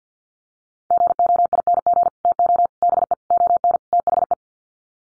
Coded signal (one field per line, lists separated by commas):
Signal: Morse code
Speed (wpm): 50 wpm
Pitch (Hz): 700 Hz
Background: none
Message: GOING TO BE ON THE